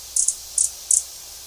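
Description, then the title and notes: Gilded sapphire calling with three short, very high, buzzy chips in quick succession, over faint low hum. "Áudio do pio do beija-flor-dourado . Fonte: WikiAves."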